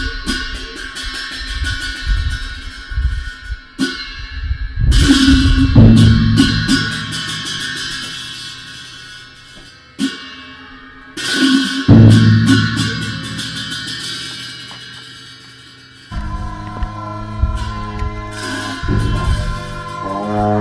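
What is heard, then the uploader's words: Buddhist monks play ritual music in a monastery: deep drum strokes and low sustained horn tones under ringing, shimmering cymbals. The music swells into loud, bright crashes around five and again near twelve seconds, then settles into a quieter, steady passage toward the end. Lamayuru 2016. Buddhist monks playing music in Lamayuru gompa.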